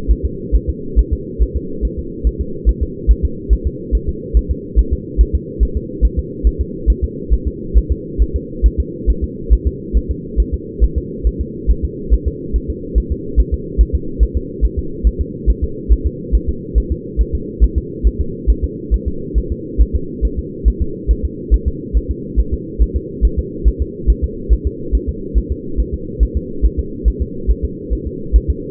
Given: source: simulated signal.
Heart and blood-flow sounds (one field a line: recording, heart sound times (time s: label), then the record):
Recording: fetal heart sounds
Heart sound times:
0.11 s: S1
0.25 s: S2
0.56 s: S1
0.69 s: S2
0.99 s: S1
1.13 s: S2
1.42 s: S1
1.56 s: S2
1.85 s: S1
1.99 s: S2
2.27 s: S1
2.41 s: S2
2.69 s: S1
2.83 s: S2
3.11 s: S1
3.25 s: S2
3.53 s: S1
3.67 s: S2
3.95 s: S1
4.09 s: S2
4.37 s: S1
4.51 s: S2
4.79 s: S1
4.93 s: S2
5.21 s: S1
5.35 s: S2
5.63 s: S1
5.77 s: S2
6.05 s: S1
6.19 s: S2
6.47 s: S1
6.61 s: S2
6.90 s: S1
7.04 s: S2
7.34 s: S1
7.47 s: S2
7.78 s: S1
7.91 s: S2
8.22 s: S1
8.36 s: S2
8.66 s: S1
8.80 s: S2
9.10 s: S1
9.24 s: S2
9.53 s: S1
9.67 s: S2
9.97 s: S1
10.11 s: S2
10.40 s: S1
10.54 s: S2
10.84 s: S1
10.98 s: S2
11.27 s: S1
11.41 s: S2
11.71 s: S1
11.84 s: S2
12.13 s: S1
12.28 s: S2
12.56 s: S1
12.70 s: S2
12.98 s: S1
13.12 s: S2
13.40 s: S1
13.54 s: S2
13.81 s: S1
13.95 s: S2
14.23 s: S1
14.37 s: S2
14.65 s: S1
14.79 s: S2
15.07 s: S1
15.21 s: S2
15.50 s: S1
15.64 s: S2
15.92 s: S1
16.06 s: S2
16.35 s: S1
16.49 s: S2
16.78 s: S1
16.92 s: S2
17.21 s: S1
17.35 s: S2
17.64 s: S1
17.78 s: S2
18.07 s: S1
18.21 s: S2
18.50 s: S1
18.64 s: S2
18.94 s: S1
19.08 s: S2
19.38 s: S1
19.52 s: S2
19.81 s: S1
19.95 s: S2
20.25 s: S1
20.39 s: S2
20.68 s: S1
20.82 s: S2
21.11 s: S1
21.25 s: S2
21.54 s: S1
21.68 s: S2
21.97 s: S1
22.11 s: S2
22.40 s: S1
22.53 s: S2
22.82 s: S1
22.96 s: S2
23.25 s: S1
23.39 s: S2
23.68 s: S1
23.82 s: S2
24.10 s: S1
24.24 s: S2
24.53 s: S1
24.67 s: S2
24.95 s: S1
25.09 s: S2
25.38 s: S1
25.52 s: S2
25.80 s: S1
25.94 s: S2
26.23 s: S1
26.37 s: S2
26.65 s: S1
26.79 s: S2
27.08 s: S1
27.22 s: S2
27.51 s: S1
27.65 s: S2
27.93 s: S1
28.07 s: S2
28.36 s: S1
28.50 s: S2
From the record:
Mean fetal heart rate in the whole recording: 140 bpm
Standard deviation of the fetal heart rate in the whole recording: 2 bpm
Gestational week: 34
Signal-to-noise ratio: -4.3 dB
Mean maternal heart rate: 72 bpm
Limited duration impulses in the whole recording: absent